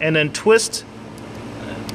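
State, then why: Released. Someone talks briefly while twisting the plastic rear dust cap on the headlight housing of a 2012–2015 Fiat 500 counterclockwise by hand, working in a tight space near the coolant overflow tank during an HID headlight installation. After the talking stops, a low steady background continues until the cap releases from the housing with a short, sharp pop at 1.9 s.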